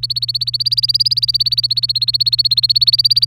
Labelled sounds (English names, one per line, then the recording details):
Domestic Canary song
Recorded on 27 April 2018 at 17:55
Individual llb3